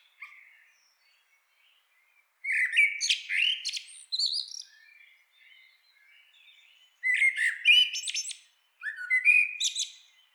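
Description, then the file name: Common blackbird song: several short warbled phrases, fluty notes sliding near the middle range and ending in higher squeaky twitters, separated by pauses. "Turdus merula"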